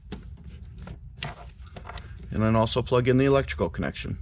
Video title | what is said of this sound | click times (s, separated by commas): JLT Intake for 2021-2025 Hellcat Durango Install | to line up with the fitting on the sensor you'll hear it snap in and | 1.2 s